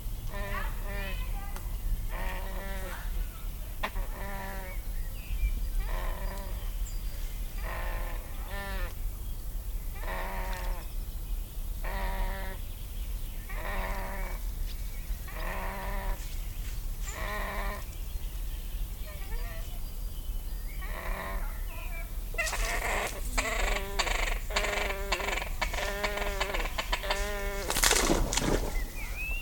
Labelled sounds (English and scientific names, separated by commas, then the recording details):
Great Crested Grebe (Podiceps cristatus) call
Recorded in the wild
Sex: pair
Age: adult
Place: Schloß Dammsmühle, Brandenburg, DE
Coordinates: 52.69, 13.41
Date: 1995-05-01 19:54
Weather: heiter 14-15°C
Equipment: Marantz CP 430, Sennheiser ME 80, Kopie Uher 4000 Report Monitor
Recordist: Tembrock, Günter